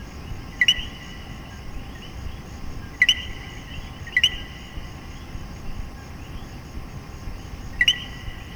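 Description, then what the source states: Common coquí frog repeating its two-note co-qui, a clipped lower note jumping to a rising chirp, four calls at uneven intervals against faint steady noise. Puerto Rico.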